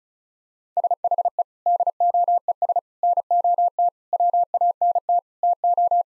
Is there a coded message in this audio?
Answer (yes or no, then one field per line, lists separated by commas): yes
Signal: Morse code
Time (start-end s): 0.8-6.0 s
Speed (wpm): 36 wpm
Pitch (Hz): 700 Hz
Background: none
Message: SHE DOES NOT WANT TO